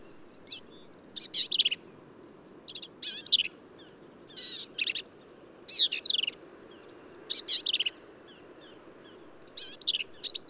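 Black-capped vireo with hurried, scratchy high phrases, each a tight burst of chips and slurs, repeated with short pauses between.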